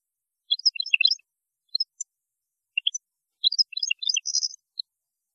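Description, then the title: European goldfinch singing bright twittering phrases, a few scattered notes, then a fuller burst with a buzzy rattle near the end. "Chant Chardonneret"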